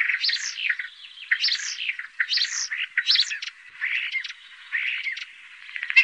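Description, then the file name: Common starling song: a jumble of gurgling warbles, slurred whistles and quick rattling notes in short phrases. "Stare"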